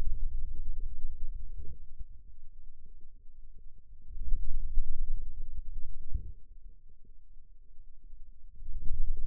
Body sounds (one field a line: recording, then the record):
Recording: forearm muscle sounds (acoustic myography)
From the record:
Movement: finger pinch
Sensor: system 2, bracelet of six BSWA MPA416 microphones around the upper forearm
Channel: 2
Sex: male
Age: 22 years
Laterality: right